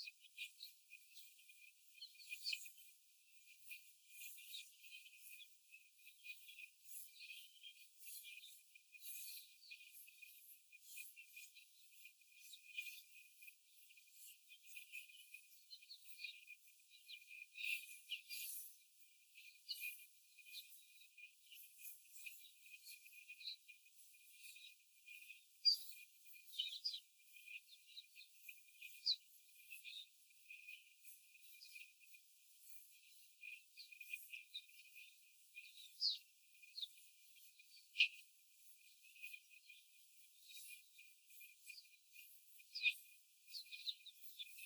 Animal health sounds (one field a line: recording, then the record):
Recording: young laying hens in a cage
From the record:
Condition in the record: after the stressor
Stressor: simulated dog barking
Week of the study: 4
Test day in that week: 1